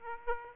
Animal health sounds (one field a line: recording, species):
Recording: mosquito wingbeat signal from an infrared sensor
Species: Aedes aegypti